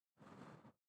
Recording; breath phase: one breath near a microphone; exhalation